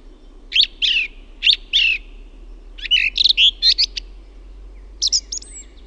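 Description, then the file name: Song thrush singing loud, clear phrases, the first phrase given twice in a row, then a varied chattering phrase and a final short whistled figure. "LAULURASTAS"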